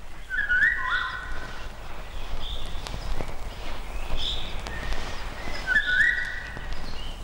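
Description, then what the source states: Eurasian golden oriole song: two short fluty whistled phrases about five seconds apart. Short song, called a masterpiece of nature whose real sound no instrument can convey.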